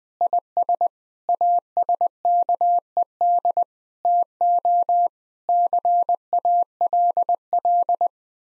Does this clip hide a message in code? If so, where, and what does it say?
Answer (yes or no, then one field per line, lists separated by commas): yes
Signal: Morse code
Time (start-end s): 0.2-8.1 s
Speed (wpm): 21 wpm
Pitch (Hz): 700 Hz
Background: none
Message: IS ASKED TO CALL